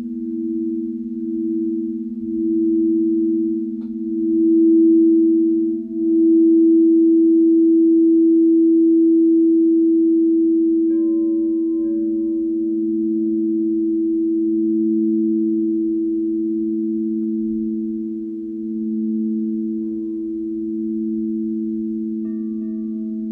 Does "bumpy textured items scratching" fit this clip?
no